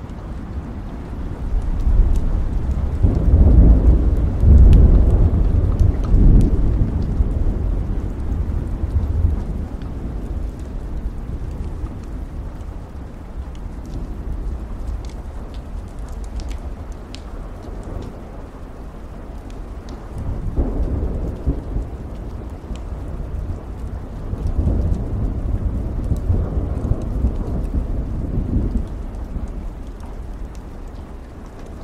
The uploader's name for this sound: Rain & Thunderstorm Sounds